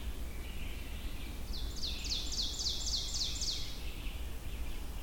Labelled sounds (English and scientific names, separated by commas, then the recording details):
Ovenbird (Seiurus aurocapilla) song
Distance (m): 55 m
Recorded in boreal forest in Alberta, Canada, on 22 June 2016 at 06:39
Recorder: SongMeter 3, array SBT-6-76
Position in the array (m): 162 m, 130 m
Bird 3